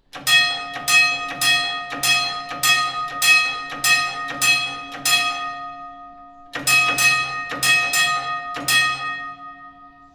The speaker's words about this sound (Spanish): Las campanas suenan y marcan señales en máquina de sonido y de luz, de puntos. Entonces la máquina tiene que tener esas señales marcadas. Cada planta pues tiene sus señales.